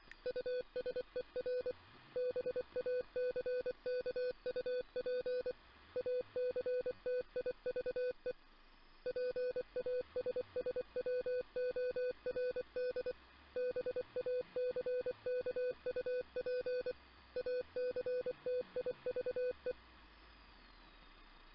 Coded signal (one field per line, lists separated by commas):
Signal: Morse code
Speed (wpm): 24 wpm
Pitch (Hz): 1500 Hz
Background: none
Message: USER BACKUP ACTIVE PASSWORD BACKUP ACTIVE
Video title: (shortwave radio) [ full stream ] analog radio and ARGs